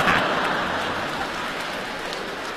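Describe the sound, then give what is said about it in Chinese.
An audience applauds crosstalk comedians after they imitate singing, in a dense, steady wash of clapping that holds fairly even for a few seconds and eases off slightly toward the end, with no voices. “你看我们相声演员站这儿一学一唱 啊， 大家给鼓掌。 哎， 我们都明白， 没错， 这是鼓励我们。”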